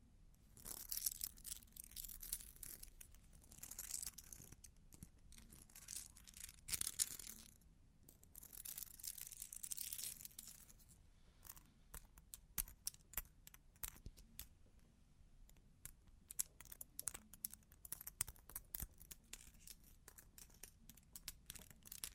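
Long claws tap and scratch in quick, irregular bursts, with dense rasping scrapes early on giving way to sharper scattered clicks over a low hum.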